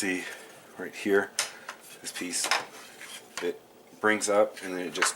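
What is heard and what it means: Someone talks while raising a hinged plastic piece on the back of the head of a Transformers Titans Return Titan Fortress Maximus (SDCC 2016 Exclusive) transforming robot toy, with light plastic handling noises and a brief tap near 3.0 s. The piece has not clicked into place yet; nothing has seated by the end of the clip.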